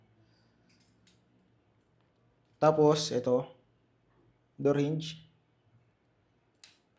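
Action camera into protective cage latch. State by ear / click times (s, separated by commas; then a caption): seated / 6.6 s. An action camera is closed into a SmallRig 4119C plastic/metal protective cage for DJI. Someone talks, then the cage latch snaps shut with one sharp click at 6.6 s. The latch locks and the camera is seated.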